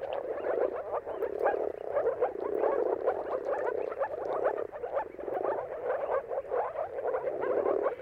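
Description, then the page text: Moor frogs in full chorus, a steady mass of muffled, bubbling calls rising and falling in waves. Moor frogs in a mating chorus at sunrise, heard at the turn of March and April depending on the weather. "Dawn’s Chorus: Mating Calls of Marsh Frogs at Sunrise. Depending on the weather at the turn of March and April, you can witness an amazing spectacle of moor frogs. Jakub Orzecki"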